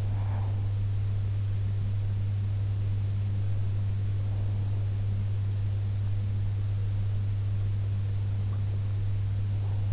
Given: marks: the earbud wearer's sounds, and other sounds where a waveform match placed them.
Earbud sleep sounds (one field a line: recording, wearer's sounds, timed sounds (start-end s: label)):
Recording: sounds in sleep by an in-ear microphone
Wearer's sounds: breath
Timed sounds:
0.00-0.78 s: breath